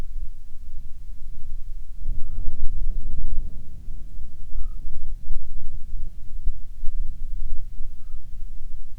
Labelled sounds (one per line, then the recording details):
corvid
wind
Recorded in the Prudhoe Bay oil fields, Alaska, on 10 July 2019 at 13:54
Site 14